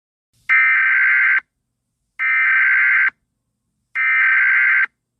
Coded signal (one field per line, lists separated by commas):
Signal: Emergency Alert System (SAME) tones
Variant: header bursts